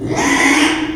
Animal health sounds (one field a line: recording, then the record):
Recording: squeal of a Yucatan mini pig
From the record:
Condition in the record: after surgery on the right vocal fold (resection and tissue-engineered implant)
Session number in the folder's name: 3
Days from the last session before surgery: 33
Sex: male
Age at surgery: 12 weeks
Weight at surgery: 13 kg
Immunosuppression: cyclosporine, prednisolone